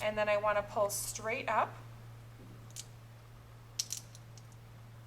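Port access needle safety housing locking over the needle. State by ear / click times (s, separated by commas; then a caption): seated / 3.8 s. Someone talks while de-accessing an implanted port: the wings of the access needle are folded up, the base is steadied, and the needle is pulled straight up. A sharp click is heard at 3.8 s as the plastic safety guard locks into place over the needle, followed by a few fainter ticks. The needle is now locked and protected.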